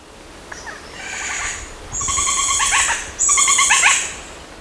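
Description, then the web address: Powerful Woodpecker calling in rattled, grating bursts; a soft opening phrase is followed by two loud, sustained chattering phrases. Ecuador. "S America Birds of Ecuador. Powerful Woodpecker"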